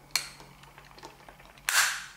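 A plastic housing part of a car phone charger is pressed carefully back into its mating shell after the cable has been resoldered. A sharp snap sounds at about 0.2 s, followed by faint small clicks. A second loud, bright click at 1.7 s marks the housing snapping together and seating.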